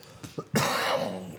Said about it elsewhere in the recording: My allergies are brutal. It's partially smoking. When your cough sounds like this, a rattle, a death rattle, it's cigarettes.